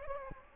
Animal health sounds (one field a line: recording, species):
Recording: mosquito wingbeat signal from an infrared sensor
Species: Anopheles gambiae